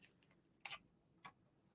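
A thin metal craft cutting die is pushed into a matching cut-out hole in layered cardstock, positioning it correctly before it is taped down. A faint tick comes at 0.2 s, then a sharp, bright click at 0.7 s as the die seats, followed by a softer tick near 1.3 s. The die is seated in the hole.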